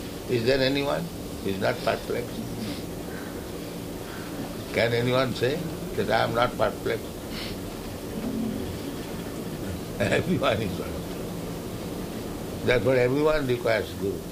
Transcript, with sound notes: Is there anyone who is not perplexed? Can anyone say that "I am not perplexed"? [laughs] Everyone is. Therefore everyone requires guru.